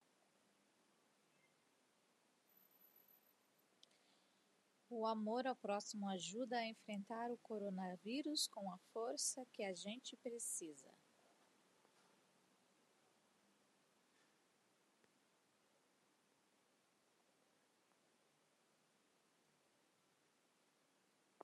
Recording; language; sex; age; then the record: spoken sentence; Brazilian Portuguese; female; 30 to 39 years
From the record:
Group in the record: control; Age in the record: 37 years